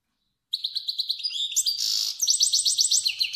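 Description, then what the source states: Finch song begins after brief silence: quick repeated chirps, a harsh buzzy middle note, then a rapid, high, even trill of bright notes. Finch described as kermani.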